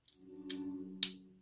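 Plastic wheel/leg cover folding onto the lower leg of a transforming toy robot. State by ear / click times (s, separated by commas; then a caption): seated / 0.5 s, 1.0 s. The plastic wheel section of a transforming toy robot's leg is folded back over onto the lower leg, giving a sharp plastic snap at 0.5 s and a louder one at 1.0 s over a steady low hum. The wheel cover snaps into place and is seated.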